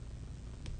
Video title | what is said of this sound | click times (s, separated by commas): Lab Grown Diamonds with Cheryl Briggs | You can hear that snap. I could hear it. | 0.7 s